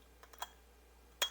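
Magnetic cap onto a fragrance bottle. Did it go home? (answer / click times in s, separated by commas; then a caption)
yes / 1.2 s. A magnetic cap is put back onto a fragrance bottle: a few faint ticks at about 0.2–0.4 s as it approaches, then one sharp, bright click at 1.2 s as it snaps on. The cap is seated.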